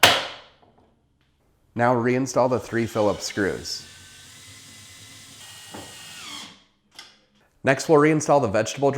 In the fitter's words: next you can flip the hinge cover down and snap the cover into place now